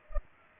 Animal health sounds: mosquito wingbeat signal from an infrared sensor; Culex pipiens

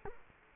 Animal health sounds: mosquito wingbeat signal from an infrared sensor; Culex quinquefasciatus

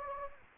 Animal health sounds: mosquito wingbeat signal from an infrared sensor; Anopheles gambiae

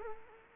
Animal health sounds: mosquito wingbeat signal from an infrared sensor; Culex quinquefasciatus

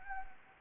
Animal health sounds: mosquito wingbeat signal from an infrared sensor; Anopheles gambiae

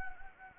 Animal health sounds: mosquito wingbeat signal from an infrared sensor; Anopheles gambiae

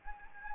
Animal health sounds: mosquito wingbeat signal from an infrared sensor; Anopheles gambiae

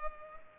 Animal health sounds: mosquito wingbeat signal from an infrared sensor; Culex pipiens

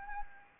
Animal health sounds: mosquito wingbeat signal from an infrared sensor; Anopheles gambiae

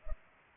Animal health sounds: mosquito wingbeat signal from an infrared sensor; Culex pipiens

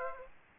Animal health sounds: mosquito wingbeat signal from an infrared sensor; Aedes aegypti

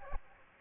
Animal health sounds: mosquito wingbeat signal from an infrared sensor; Aedes aegypti

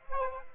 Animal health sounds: mosquito wingbeat signal from an infrared sensor; Aedes aegypti

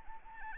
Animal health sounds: mosquito wingbeat signal from an infrared sensor; Anopheles arabiensis

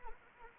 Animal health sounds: mosquito wingbeat signal from an infrared sensor; Anopheles arabiensis

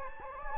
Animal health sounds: mosquito wingbeat signal from an infrared sensor; Anopheles gambiae

